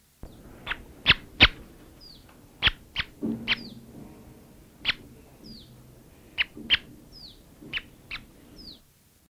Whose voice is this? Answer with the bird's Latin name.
Geronticus eremita